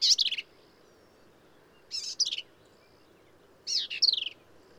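Black-capped vireo song: three short, jumbled phrases of rapid, harsh, slurred notes high in pitch, about every two seconds, with quiet pauses between.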